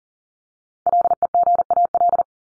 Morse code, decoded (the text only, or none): LEGAL